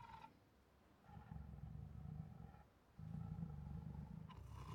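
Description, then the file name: Siberian tiger growling in low, throbbing rumbles that swell in two long stretches, with short breathy snarls at the start and the end. Protective growls, roars and snarls. "Siberian Tiger Protective Growls, Roars and Snarls 1 [Sound Ideas]"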